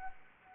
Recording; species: mosquito wingbeat signal from an infrared sensor; Anopheles arabiensis